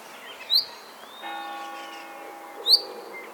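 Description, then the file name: Common chaffinch uttering two sharp metallic chink calls about two seconds apart, separated by a drawn-out steady tone with stacked harmonics. "Fringilla coelebs"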